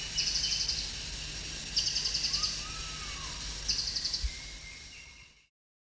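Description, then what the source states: Crested jay: three rapid, high rattling bursts, each under a second and spaced about two seconds apart, over a faint low hum. Recorded at Danum on 1 January 2008.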